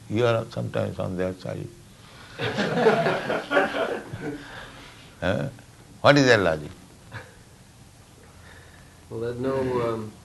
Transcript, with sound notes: You are sometimes on their side. [laughter] What is their logic?
Well, that no